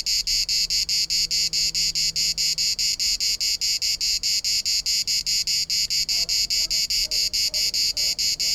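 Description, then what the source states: Cicada (Cicada orni): cicada song: a harsh, high-pitched buzzing pulsed rapidly and evenly, continuous; a faint low hum early on and soft, brief other sounds near the end. Also called cigala.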